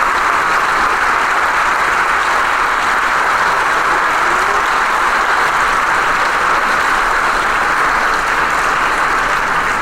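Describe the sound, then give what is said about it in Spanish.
Sustained audience applause at a Camerata concert for double bass soloist Gabriel Robles as he returns to acknowledge it, a dense, steady wash of many hands clapping at once, loud and unbroken for the full length with no voices or music over it. “Sale una vez más y agradece el aplauso del público.”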